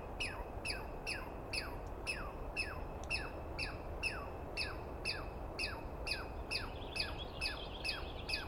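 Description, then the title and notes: Douglas squirrel giving loud squealing calls, each note sliding downward, repeated steadily about twice a second. Heard at dawn on the morning of 21 April 2017 in the East Cascades, screaming and calling for a good while after startling the recordist awake; identified by sound, not clearly seen. "Interview With The Chipmunk. On the morning of 21 April, 2017, I set up my microphones and recorder for a nice dawn recording in the East Cascades. I was started awake by a screaming Douglas Pine Squirrel"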